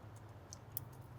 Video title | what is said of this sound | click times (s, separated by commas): MY BMW BROKE... AGAIN *failed trying to fix it* | like that I think this should go just like that boom snaps in | 0.8 s